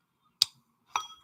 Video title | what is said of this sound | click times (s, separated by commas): Saturday Sewing! Bend & Snaps! | it's such a nice satisfying click | 0.4 s